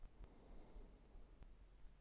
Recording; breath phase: one breath near a microphone; exhalation